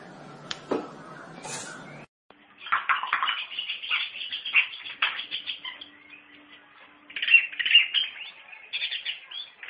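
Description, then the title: Long-tailed shrike song, a long scratchy warbling chatter, after a brief stretch of clicks and other noise at the start. Singing lively (gacor). "Cendet Gacor"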